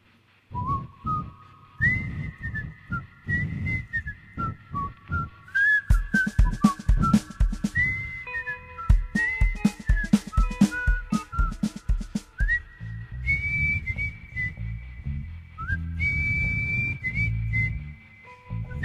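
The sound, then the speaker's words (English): A bright, clear whistled melody of the theme song of The Andy Griffith Show, gliding and stepping between sustained notes over a bouncy rhythmic backing of plucked bass and steady percussive beats, with no talking. “But the Andy Griffith song was mostly whistling, wasn't it?”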